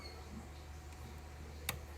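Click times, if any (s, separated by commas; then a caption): 1.7 s. A second RAM module is pressed into a motherboard DIMM slot, and its plastic latch snaps shut with a single sharp click at 1.7 s over a steady low hum. The stick is confirmed seated and locked.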